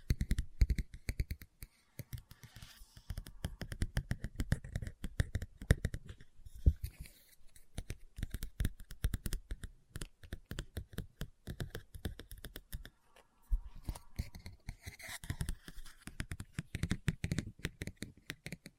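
Fingers tap a book in quick, irregular bursts of dry clicks and knocks, with brief pauses near seconds 2, 7 and 13.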